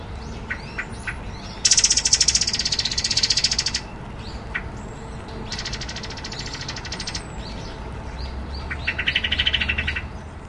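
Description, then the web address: Pale thrush giving harsh, dry rattling chatters in long pulsed bursts, with a few short sharp notes between them. Recorded in Taiwan. "白腹鶇"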